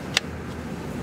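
The locking ring of the electrical connector plug on a Mercedes 722.6 automatic transmission housing is gently pushed up and turned by hand. A single sharp, bright click sounds at 0.2 s over a steady low background hum. The connector is seated in position.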